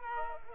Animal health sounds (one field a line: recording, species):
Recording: mosquito wingbeat signal from an infrared sensor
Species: Culex pipiens